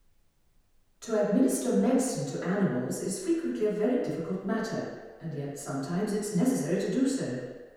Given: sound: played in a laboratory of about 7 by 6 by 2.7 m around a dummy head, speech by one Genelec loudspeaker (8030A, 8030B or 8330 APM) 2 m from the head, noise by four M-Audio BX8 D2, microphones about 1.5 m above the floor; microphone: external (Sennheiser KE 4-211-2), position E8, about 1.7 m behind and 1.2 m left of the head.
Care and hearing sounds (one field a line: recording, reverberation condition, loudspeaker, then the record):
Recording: female speech in English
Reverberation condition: high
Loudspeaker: in front (0 degrees)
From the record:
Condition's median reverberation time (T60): about 1300 ms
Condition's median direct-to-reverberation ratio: about -4.0 dB